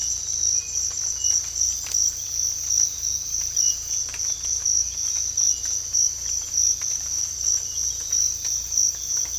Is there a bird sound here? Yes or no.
no